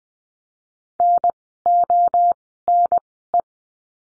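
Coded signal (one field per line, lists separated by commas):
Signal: Morse code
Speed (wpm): 20 wpm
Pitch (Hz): 700 Hz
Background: none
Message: NONE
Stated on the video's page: Morse code course lesson of words for the letter O, sent at Farnsworth speed of 20/10 wpm.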